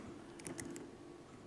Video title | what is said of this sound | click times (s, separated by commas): FAB Variant - Info, pick and gut | number six okay very nice click | 0.5 s